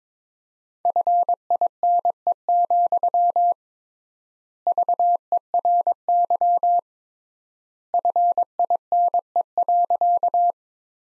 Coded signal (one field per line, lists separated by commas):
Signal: Morse code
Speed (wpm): 22 wpm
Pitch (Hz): 700 Hz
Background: none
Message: FINE, VERY FINE.